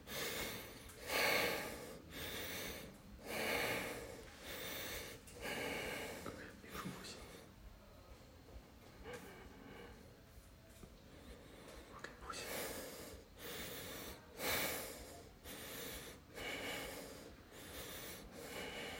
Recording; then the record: deep breathing after running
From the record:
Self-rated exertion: moderate exertion (3 of 6); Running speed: 8 miles an hour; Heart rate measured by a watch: 135 beats a minute at the start, 130 at the end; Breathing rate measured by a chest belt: 22 breaths a minute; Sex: male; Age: 25 years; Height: 174 cm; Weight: 71 kg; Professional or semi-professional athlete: no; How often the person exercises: 3 to 5 times a week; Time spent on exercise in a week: 2 to 3 hours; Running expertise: no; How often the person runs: 1 to 2 times a week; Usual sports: running, swimming, badminton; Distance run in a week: 8 km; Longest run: 10 km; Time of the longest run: 48 minutes